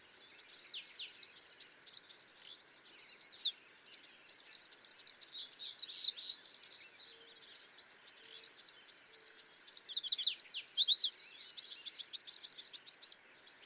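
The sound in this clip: Yellow warbler song: bursts of high, quick, sweet chipping notes with slurred whistles, delivered in phrases separated by short pauses.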